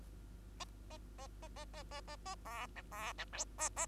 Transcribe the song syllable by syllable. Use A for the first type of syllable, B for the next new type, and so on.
A A A A A A A A A B C B C D A A